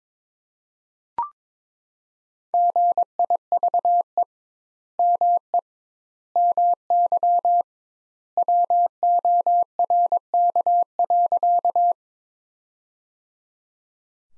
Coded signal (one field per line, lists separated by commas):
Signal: Morse code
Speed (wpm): 22 wpm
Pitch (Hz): 700 Hz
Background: none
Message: GIVE ME MY WORK.